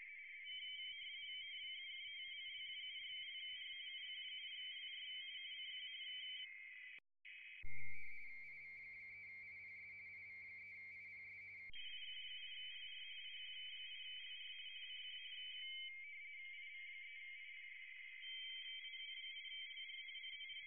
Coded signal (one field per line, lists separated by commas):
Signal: RTTY